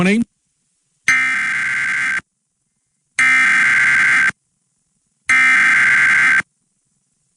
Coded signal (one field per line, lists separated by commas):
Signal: Emergency Alert System (SAME) tones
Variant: header bursts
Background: speech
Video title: The Tornado Festival | EAS Alerts From 4/8/21 - EAS #199 - #207